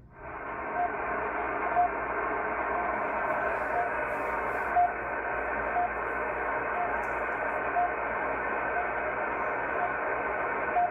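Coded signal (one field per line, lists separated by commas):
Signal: radio time signal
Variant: RWM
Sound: short beeps once each second, about 11 ticks, under steady shortwave hiss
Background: radio static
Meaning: Each tick marks one second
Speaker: we're on 9996 kilohertz which is the is rwm Moscow time signal station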